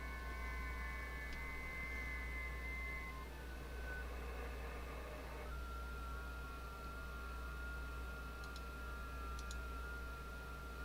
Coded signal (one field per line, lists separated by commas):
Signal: FT8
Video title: FT8 Digital & rag chew